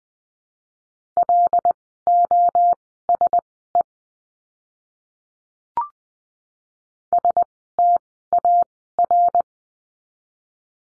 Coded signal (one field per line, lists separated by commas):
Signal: Morse code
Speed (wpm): 20 wpm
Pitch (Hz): 700 Hz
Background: none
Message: LOSE STAR